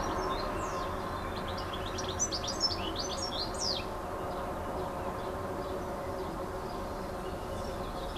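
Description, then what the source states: Bird song: a few seconds of high chirps and swooping notes early on, then fading, with constant low rumbling noise throughout. Recorded on an MZ-N 710 device, dated 26 06 14.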